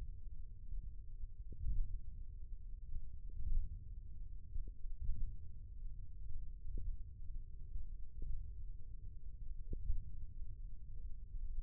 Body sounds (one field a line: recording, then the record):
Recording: forearm muscle sounds (acoustic myography)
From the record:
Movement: thumb flexion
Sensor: system 1, eight BSWA MPA416 microphones around the upper forearm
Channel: 2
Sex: male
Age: 20 years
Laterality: left